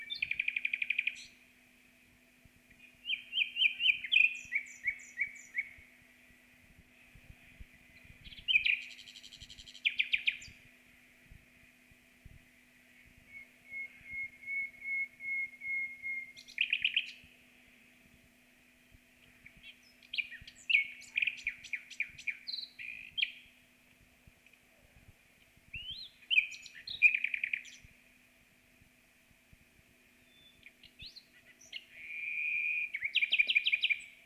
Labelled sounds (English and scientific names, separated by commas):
Common Nightingale (Luscinia megarhynchos) song